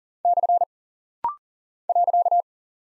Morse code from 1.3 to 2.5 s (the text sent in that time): .